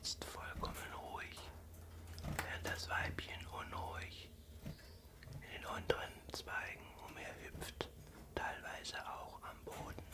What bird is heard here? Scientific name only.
Phylloscopus collybita